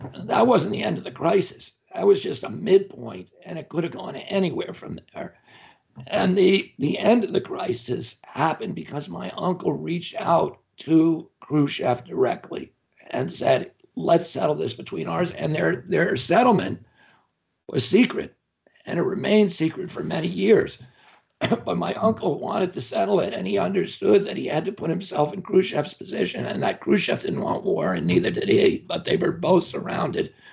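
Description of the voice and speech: Adult male speaking in an interview with the strained, effortful voice of spasmodic dysphonia, which is what gives his voice its sound. The voice sounds rough and creaky with frequent breaks, and the speech is interrupted by many pauses.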